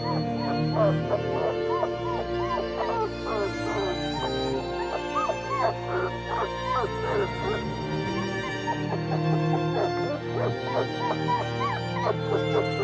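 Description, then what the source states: Wolf whimpers and yips: many short, high, arching squeals tumbling over one another throughout, set over sustained, droning instrumental music. Wolf in a den.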